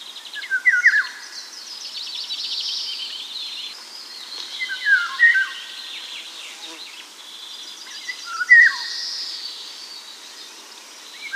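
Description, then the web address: Eurasian golden oriole giving fluty, liquid whistled phrases about every four seconds, with other birds twittering and trilling higher in the background. Recorded at Sjöbacken on 14 June 2008. "sjobacken ljud oriole 080614"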